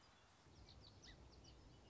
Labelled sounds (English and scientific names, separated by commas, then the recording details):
Song Sparrow (Melospiza melodia)
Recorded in Sonoma County, California